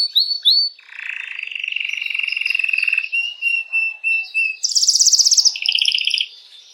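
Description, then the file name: Canary giving a few sharp chips, then a sustained even trill, short whistled notes, and a very high rapid trill ending in a lower trill. Belgian mosaic canary. "canto do canario belga mosaico"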